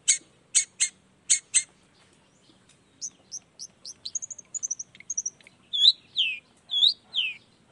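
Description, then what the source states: Long-tailed shrike with harsh scratchy notes at first, then thin high whistles and descending slurred phrases. Shrike in full song in the morning, used to stimulate lazy, silent shrikes to start singing; 'toet toet' sound variation.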